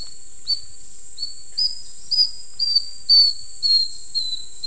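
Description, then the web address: Cinnamon neopipo song: a series of brief high whistled notes, about two per second, each slightly falling, with a constant high buzzing tone behind. Ecuador. "Birds of Ecuador. Cinnamon Neopipo"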